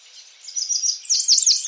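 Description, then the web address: Bird calls: quick, very high chirps that swell in the second half into a run of sharp, downslurred notes. "Deverinetal 2025 File origin Bird Only"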